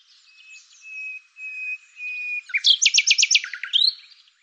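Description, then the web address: Bird song that opens with long, steady, thin whistles, then breaks into a burst of five or six rapid sweeping notes and a final upslurred note. "Deverinetal 2025"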